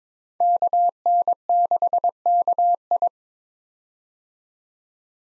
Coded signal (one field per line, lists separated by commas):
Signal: Morse code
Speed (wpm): 22 wpm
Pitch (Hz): 700 Hz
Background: none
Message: KN6KI